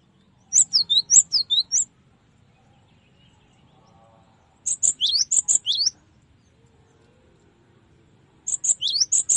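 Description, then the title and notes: Cinereous tit song: three bursts of loud, high chirps about four seconds apart, each a fast string of notes see-sawing between a higher and a lower pitch. Training song for cage birds (masteran). "Masteran Gelatik Batu. burung gelatik"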